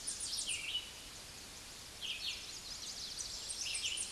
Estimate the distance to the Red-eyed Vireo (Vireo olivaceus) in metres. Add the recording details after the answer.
about 20 m. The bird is about 20 m above the microphone. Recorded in a Pennsylvania forest on 16 May 2024 at 06:41. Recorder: AudioMoth, point MSD-0079. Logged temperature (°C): 16.1 °C. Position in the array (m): 165 m, 73 m